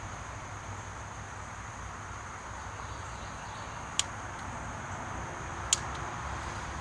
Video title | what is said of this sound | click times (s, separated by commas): Pandemic Life: Spark Plug Change | there's that click | 4.0 s, 5.7 s